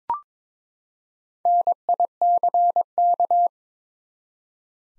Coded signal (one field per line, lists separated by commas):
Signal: Morse code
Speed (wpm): 23 wpm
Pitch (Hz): 700 Hz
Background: none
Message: NICK